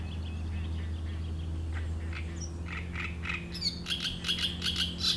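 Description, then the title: Great reed warbler song: harsh, chattering phrases of repeated grating notes growing louder toward the end, over a steady low hum. Reed bed at Chatillon beach, Chindrieux, France; shrill song of a migrant from Africa that can sing day and night. "Roselière plage Chatillon, Chindrieux, France - Rousserole turdoïde"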